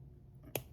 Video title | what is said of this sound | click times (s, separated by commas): DIY Rainforest Relics: Easy Beaded Jewelry Tutorial | so. Oh, heard that snap. | 0.6 s